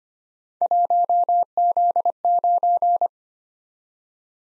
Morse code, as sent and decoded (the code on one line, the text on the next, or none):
.---- --.. ----.
1Z9